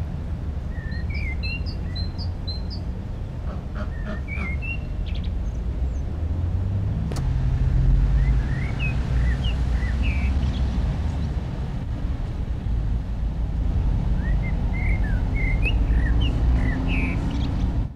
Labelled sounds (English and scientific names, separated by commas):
Common Blackbird (Turdus merula) song